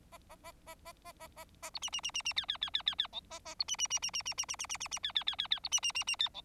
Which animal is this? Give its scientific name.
Lonchura striata domestica